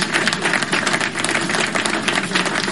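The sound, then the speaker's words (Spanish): Steady, dense applause from a crowd, many hands clapping at once in a continuous crackling wash that holds at an even, fairly loud level throughout, with no voices rising above it. “Así que aplausos.”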